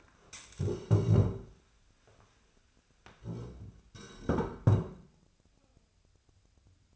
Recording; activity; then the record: daily activity, microphone in the room; stand up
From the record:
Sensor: 2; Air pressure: 1015.1 hPa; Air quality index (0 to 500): 156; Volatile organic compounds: 7 ppm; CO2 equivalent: 2028 ppm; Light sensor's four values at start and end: 13/35/13/15 and 13/34/13/15